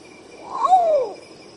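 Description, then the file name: Long-tailed potoo delivering a single descending whistled wail preceded by a quick rising lead-in, lasting under a second, with soft insect hum throughout. "canto do urutau pardo"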